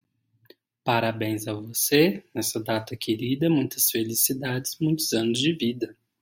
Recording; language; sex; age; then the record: short text; Brazilian Portuguese; male; 20 to 29 years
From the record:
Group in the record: control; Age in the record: 27 years